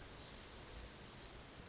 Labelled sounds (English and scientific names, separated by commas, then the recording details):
Orange-crowned Warbler (Leiothlypis celata)
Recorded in Sonoma County, California